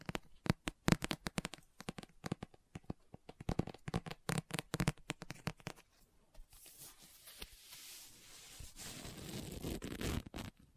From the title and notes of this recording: ASMR Book Tapping, Scratching, Page Turning(No Talking).